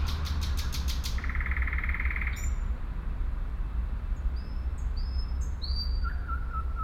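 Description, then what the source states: Nightingale song: quick ticking notes roll into a dense rattling trill, followed by a sequence of rising whistles and a low trill, all over a continuous low hum. Recorded at Sergiyev Posad on 20 May 2011.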